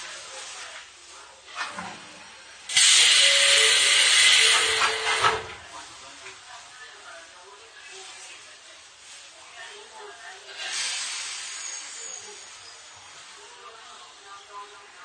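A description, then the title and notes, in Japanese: Izu-Hakone Railway 3000 series train ride with steady hiss and rumble, a loud bright hissing burst around three to five seconds, another near eleven. 伊豆箱根鉄道3000系(鋼製車) 修善寺〜三島。車体は20ｍ級3扉車。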